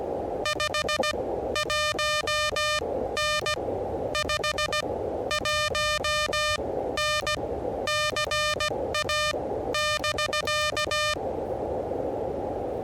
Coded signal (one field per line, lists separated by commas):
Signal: Morse code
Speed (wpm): 17 wpm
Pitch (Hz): 1210 Hz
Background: music, radio noise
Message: 51N 51N CA <BK>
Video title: Testing the Elecraft KH1 Internal Logger with a 16 WPM CW Morse Code Parks on the Air Activation